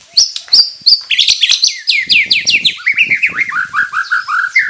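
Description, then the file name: White-rumped shama calls: a rapid series of sharp, downslurred notes, starting high and then dropping to a repeated run of lower notes. Bornean crowned variety; harsh call. "Suara kasar burung murai batu borneo mahkota"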